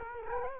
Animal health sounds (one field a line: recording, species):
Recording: mosquito wingbeat signal from an infrared sensor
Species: Culex quinquefasciatus